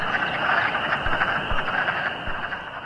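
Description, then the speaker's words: Wood frogs in a dense breeding chorus, many overlapping short duck-like clucking quacks forming a continuous rattling din. Cacophony of duck-like quacks from thousands of frogs at a pond in spruce-fir woods behind a house in northwestern Brunswick, Maine, recorded 2012; explosive three-day breeding frenzy in early April. "That cacophony of quacks, recorded here by Wheelwright in 2012, goes on for several nights as the wood frogs embark on an explosive three-day breeding frenzy in the water."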